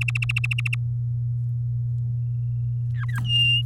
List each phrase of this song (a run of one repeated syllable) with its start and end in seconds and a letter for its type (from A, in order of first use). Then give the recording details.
0.01-0.75 A, 2.94-3.20 B, 3.25-3.62 C. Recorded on 7 May 2018 at 05:38. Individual llb16